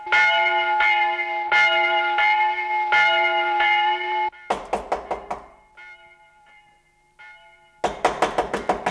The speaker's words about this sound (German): Wer ist das, der da klopft?